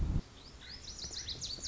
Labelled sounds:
Lazuli Bunting (Passerina amoena)
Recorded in Sonoma County, California

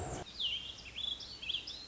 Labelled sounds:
Warbling Vireo (Vireo gilvus)
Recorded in Sonoma County, California

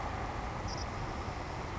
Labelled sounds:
Savannah Sparrow (Passerculus sandwichensis)
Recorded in Sonoma County, California

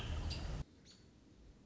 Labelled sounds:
American Robin (Turdus migratorius)
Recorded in Sonoma County, California

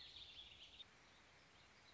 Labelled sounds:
Warbling Vireo (Vireo gilvus)
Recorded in Sonoma County, California

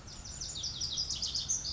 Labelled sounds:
Lazuli Bunting (Passerina amoena)
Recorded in Sonoma County, California

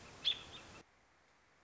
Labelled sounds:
American Robin (Turdus migratorius)
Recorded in Sonoma County, California

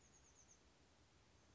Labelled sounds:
Chestnut-backed Chickadee (Poecile rufescens)
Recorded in Sonoma County, California

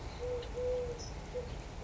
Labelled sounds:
Eurasian Collared Dove (Streptopelia decaocto)
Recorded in Sonoma County, California

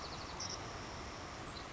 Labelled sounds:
Savannah Sparrow (Passerculus sandwichensis)
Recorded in Sonoma County, California

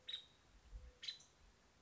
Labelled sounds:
Nuttall's Woodpecker (Dryobates nuttallii)
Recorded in Sonoma County, California

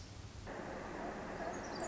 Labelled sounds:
Pacific Wren (Troglodytes pacificus)
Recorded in Sonoma County, California

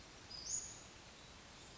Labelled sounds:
Western Flycatcher (Empidonax difficilis)
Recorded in Sonoma County, California

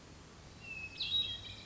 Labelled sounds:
Hermit Thrush (Catharus guttatus)
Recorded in Sonoma County, California

